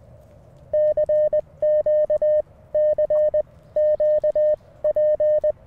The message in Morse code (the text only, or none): CQ CQP